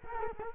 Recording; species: mosquito wingbeat signal from an infrared sensor; Culex quinquefasciatus